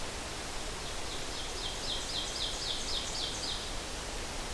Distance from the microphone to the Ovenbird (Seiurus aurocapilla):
about 45 m